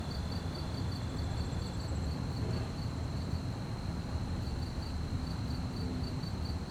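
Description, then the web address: Crickets chirping in a fast, steady high pulse over a constant low rumble. Fast-chirping crickets at night on a quiet street, with distant activities and slight wind. "QUIET STREET Night fast chirp crickets, distant activities, slight wind. Articulated Sounds - Quiet Streets. Sonniss"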